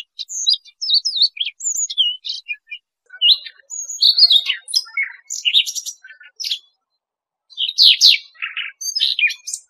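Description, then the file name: Siberian rubythroat song, a fast, varied warble of high whistled, scratchy and chirping phrases, broken by a short pause. "Tieng chim oanh co do"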